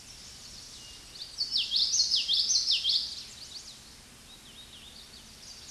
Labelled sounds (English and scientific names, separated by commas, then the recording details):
Common Yellowthroat (Geothlypis trichas) song
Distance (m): 10 m
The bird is about 10 m above the microphone
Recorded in a Pennsylvania forest on 16 May 2024 at 07:33
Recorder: AudioMoth, point MSD-2061
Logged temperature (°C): 16.1 °C
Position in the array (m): 229 m, 182 m